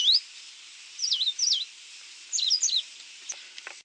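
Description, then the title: Coal-crested finch giving several short bursts of high, twisting chip notes, with a few faint clicks near the end. "LuckyPassaro Completos2Sama. Coal-crested Finch (Charitospiza eucosma)"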